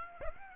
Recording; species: mosquito wingbeat signal from an infrared sensor; Aedes aegypti